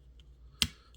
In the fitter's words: where it's going to snap into place